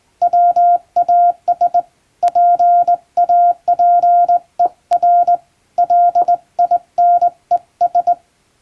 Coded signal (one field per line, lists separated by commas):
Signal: Morse code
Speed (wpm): 21 wpm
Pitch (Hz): 700 Hz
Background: none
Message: WAS PAPER LINES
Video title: 【morse practice】thisi is straight key's Morse code practice video. There is a morse exam in japan.